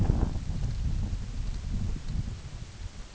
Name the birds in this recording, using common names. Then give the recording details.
none. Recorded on Arctic tundra, site UTQI-8, on 16 June 2019. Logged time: 20:00